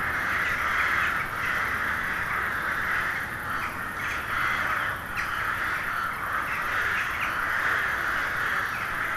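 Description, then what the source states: Carrion crow chorus, a thick unbroken blend of harsh caws from many birds, swelling and easing slightly throughout. Hundreds of crows gathering at dusk in winter to settle for the night in a poplar wood at Neuflize.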